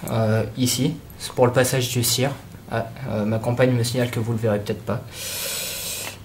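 Someone talks while reassembling an airsoft M200 sniper replica, handling two parts that clip onto each other. A steady broadband hiss follows near the end. Nothing has seated or clicked yet.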